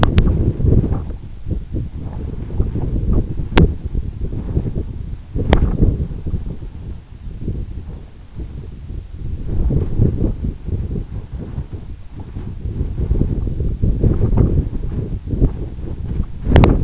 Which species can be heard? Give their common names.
none